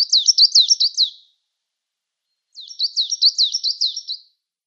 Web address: Schulze Peter Coal Tit song